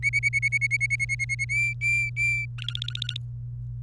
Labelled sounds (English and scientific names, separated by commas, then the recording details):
Domestic Canary (Serinus canaria) song
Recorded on 27 April 2018 at 16:10
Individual llb3